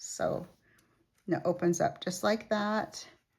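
A handmade paper mini album with a magnetic flap closure is handled while someone talks, and the flap is opened. Nothing has snapped shut or seated yet.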